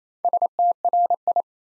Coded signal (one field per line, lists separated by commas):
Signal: Morse code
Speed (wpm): 27 wpm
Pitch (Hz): 700 Hz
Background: none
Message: STRI